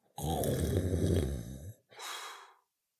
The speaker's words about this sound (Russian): Один из кубиков стукнул генерала по затылку и отправил его в царство снов. Декроль повалился на пол и громко захрапел.